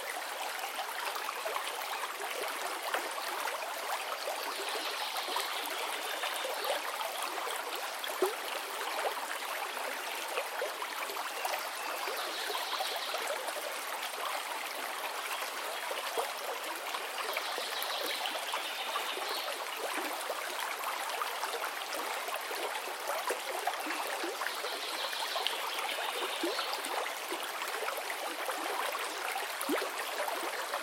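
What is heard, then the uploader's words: A forest river runs steadily, a dense, even rush of water with constant small splashes and trickles. Above the flow, faint higher chirps surface every few seconds, around 5, 12, 18 and 25 seconds, likely birds. Relaxing River Sounds - Peaceful Forest River.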